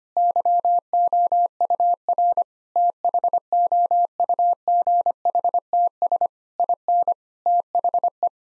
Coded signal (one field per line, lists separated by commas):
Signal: Morse code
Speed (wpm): 25 wpm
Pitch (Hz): 700 Hz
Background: none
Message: YOUR THOUGHTS IN THE